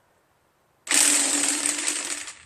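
A socket is turned on a second engine bolt of a Kohler 25HP V-twin engine on a Craftsman DYT4000 lawn tractor, being removed because of blown connecting rods. After near silence, a loud, harsh grinding rasp starts at about 0.9 s with a steady high whine and a low hum, and the socket slips with a sharp snap at 1.7 s. The bolt is stripped.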